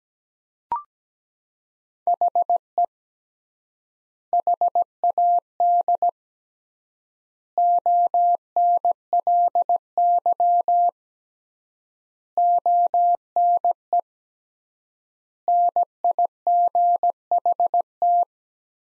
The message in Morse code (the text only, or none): HE HAD ONLY ONE NIGHT